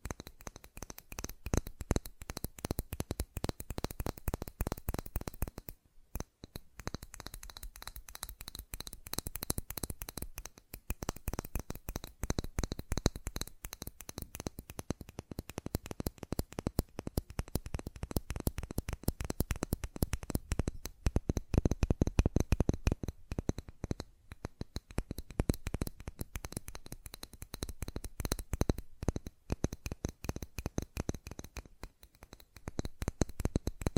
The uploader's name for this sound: ASMR Fast Tapping